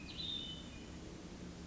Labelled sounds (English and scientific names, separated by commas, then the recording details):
Hermit Thrush (Catharus guttatus)
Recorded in Sonoma County, California